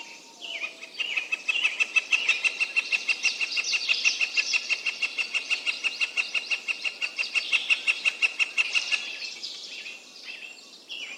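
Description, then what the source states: Bird giving a long, fast series of sharp, evenly spaced pulsed notes at a high pitch, lasting about eight seconds before fading into softer chirping. Birds calling in a mountain forest.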